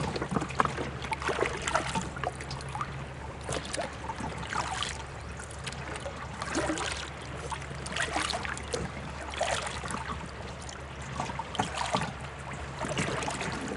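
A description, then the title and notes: A paddle dips rhythmically into calm water, each stroke a soft splash and trickle arriving every second or two. Small drips and gurgles fill the gaps, and a low steady hum runs underneath throughout. The setting is quiet. Surrounded by the vast expanse of an open lake, a kayak provides a solitary and peaceful escape as it glides through calm water. The paddle, a worn and reliable partner, rhythmically dips into the mirror glaze of the remote and tranquil Moonlight Bay. The sun's warm glow slowly wanes below the seemingly endless horizon.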